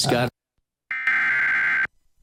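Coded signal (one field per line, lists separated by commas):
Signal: Emergency Alert System (SAME) tones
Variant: header bursts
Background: speech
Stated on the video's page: EAS interruptions within TV severe weather coverage, captured off-air during a nearby tornado.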